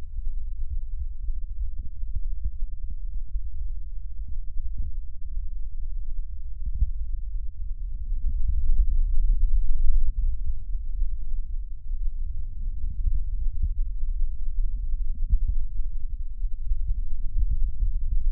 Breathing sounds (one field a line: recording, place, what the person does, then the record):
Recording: lung sounds by stethoscope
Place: right anterior apical chest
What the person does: quiet breathing, then deep breathing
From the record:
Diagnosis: COPD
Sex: male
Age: 77 years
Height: 172 cm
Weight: 94 kg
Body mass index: 31.8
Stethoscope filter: bell mode